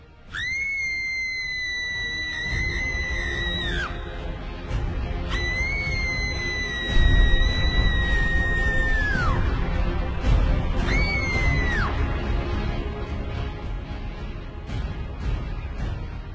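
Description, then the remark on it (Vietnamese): A shrill, unearthly demonic scream rings out three times as the demon is slashed by a blade, each long piercing wail holding steady before sliding downward in pitch, over a constant deep rumbling roar as the sea churns up in waves. “Tiếng hét của nó vang vọng, cũng là lúc mặt biển ầm ầm sủi lên những cơn sóng đỏ ngầu.”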